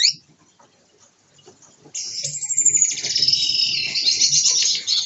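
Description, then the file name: Gouldian finch song: a short high note, a pause with faint shuffling, then a long, hissing, buzzy high-pitched phrase that runs to the end. Gouldian finches during pair formation, performing a courtship dance. "amadiny gulda sozdanie pary bracnyi tanec"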